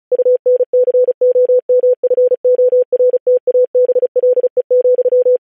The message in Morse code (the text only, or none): UNCOMFORTABLE,